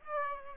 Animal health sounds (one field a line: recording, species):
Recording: mosquito wingbeat signal from an infrared sensor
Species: Aedes aegypti